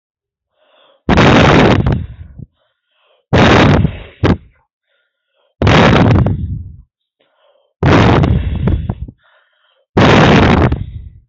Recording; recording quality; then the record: deep breathing; excellent, no background noise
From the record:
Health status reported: healthy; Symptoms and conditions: none ticked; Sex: male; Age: 30 years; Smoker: not ticked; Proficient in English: yes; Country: India